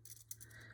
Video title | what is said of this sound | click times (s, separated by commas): Spotlight on Newage Triton (not Seaspray) #seaspray #transformers #newagetransformers #showzstore | and that will just kind of snap into place there so let's do the same on this one | 0.3 s